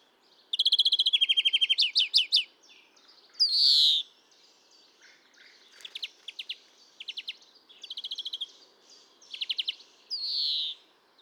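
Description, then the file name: European greenfinch singing: a rapid trill and chirp series, then a drawn-out wheezing nasal note, followed by softer trills and another long wheeze. "Chloris chloris"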